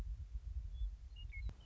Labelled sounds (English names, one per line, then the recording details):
Western Meadowlark
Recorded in Sonoma County, California